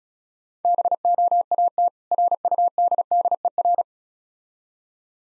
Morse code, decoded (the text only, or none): BOAT RUDDER